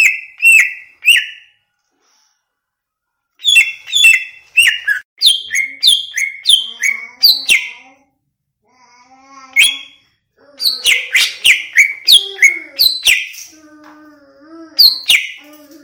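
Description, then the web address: Greater green leafbird song of rapid, ringing whistled notes in long runs with pauses; faint lower notes sound in the background. Cucak ijo from Banyuwangi, described as gacor. "cucak-ijo suara-cucak-ijo-banyuwangi-gacor"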